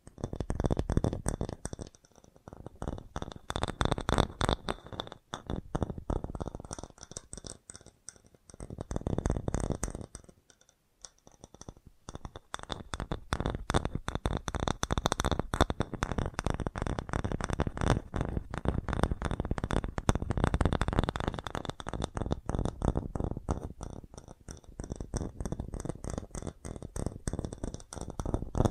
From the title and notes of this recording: FAST TAPPING (No Talking).